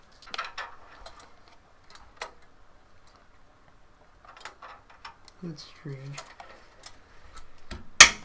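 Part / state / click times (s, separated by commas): CPU cooler retention clip onto motherboard socket bracket / seated / 8.0 s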